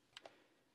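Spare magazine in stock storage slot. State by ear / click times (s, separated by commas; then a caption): seated / 0.2 s. A spare magazine is pushed into the storage slot in the stock of a new S&W folding pistol carbine and snaps into place at 0.2 s with a sharp, bright click. A second, lower and softer click follows at about 0.3 s. The magazine is seated in the stock holder.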